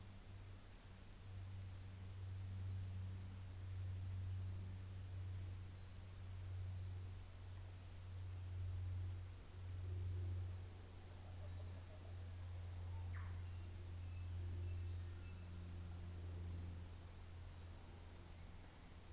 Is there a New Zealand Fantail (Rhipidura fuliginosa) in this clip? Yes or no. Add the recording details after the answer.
no. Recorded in New Zealand on 24 December 2018. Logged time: 17:00